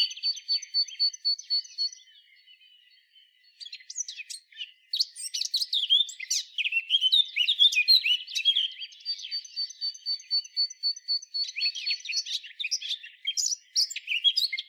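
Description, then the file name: Eurasian blackcap opens with a thin series of evenly repeated high notes, falls quiet briefly, then bursts into a long, dense, scratchy warbling phrase with varied notes. "Sylvia atricapilla"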